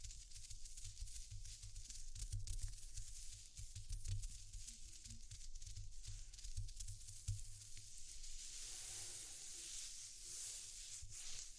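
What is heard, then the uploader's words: ASMR texture sounds: a dense, continuous scratching and rustling with a low thumping rumble underneath. Sharper taps land around four and seven seconds, and from about the ninth second a brighter, airy hiss takes over as the rubbing softens. ASMR Exploring Textures (No Talking).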